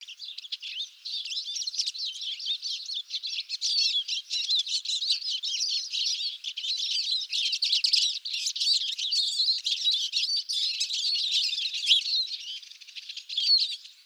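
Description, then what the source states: Eurasian siskin flock chatter, a steady stream of thin, high twittering notes that overlap continuously. Several birds calling during a late-winter migratory stopover, before moving on to breeding sites in northern Europe.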